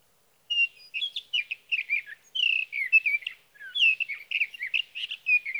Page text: Sage thrasher songs, through the night. from the evening of June 12 to the morning of June 15, 2018, in Sierra Valley, California